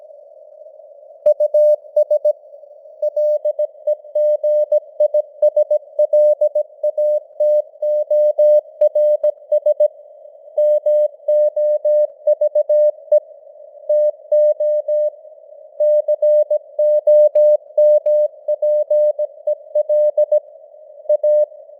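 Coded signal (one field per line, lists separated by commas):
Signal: Morse code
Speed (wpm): 17 wpm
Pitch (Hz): 600 Hz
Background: none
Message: US LEGISLATORS MOVE TO COMPEL A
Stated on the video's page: News headlines in Morse at 17 wpm with simulated radio noise and varying signal strength (QSB).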